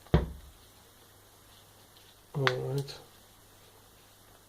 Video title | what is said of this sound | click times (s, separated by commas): T705 battery replacement | right remember about two clips somewhere in the middle locking here | 0.1 s